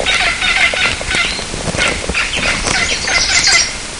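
Bird giving rapid clucking calls in dense clusters, with a few fainter notes between bursts, against a constant noisy background.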